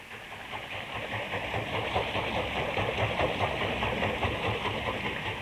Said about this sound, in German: Ein Haus direkt am Bach. Sein munter fließendes Wasser dreht ein großes, hölzernes Rad. Drinnen im Haus treibt die Achse einen Mühlstein an. Eine Wassermühle.